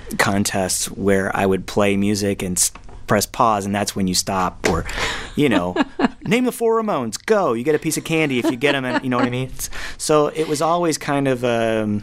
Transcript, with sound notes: contests where I would play music and press pause, and that's when you stop. Or, you know...
(Laughter).
...Name the four Romanes, go. You get a piece of candy...
(Laughter).
...If you get them in - you know what I mean? So it was always kind of